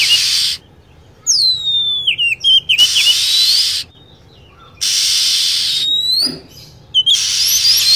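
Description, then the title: Lovebird calls: drooping squeaky whistles and twittering notes alternate with loud, rasping, buzzy bursts. Lure sound used to attract lovebirds. "PIKAT BURUNG LOVEBIRD"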